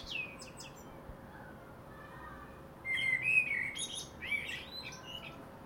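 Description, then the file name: Common blackbird: a brief faint squeak at the start, then after a quiet stretch one fuller phrase of fluty notes trailing into high twittering. "Turdus merula"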